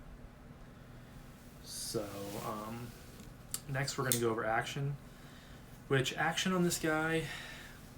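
A Spyderco Bombshell folding knife is handled before its blade is flicked open into the liner lock, while someone talks over low background noise. The blade has not yet locked into place, and nothing has seated or clicked by the end of the clip.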